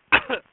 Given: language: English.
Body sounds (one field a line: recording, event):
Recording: throat vibration sensor signal played as sound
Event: cough